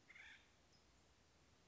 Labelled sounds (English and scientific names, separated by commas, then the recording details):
Acorn Woodpecker (Melanerpes formicivorus)
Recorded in Sonoma County, California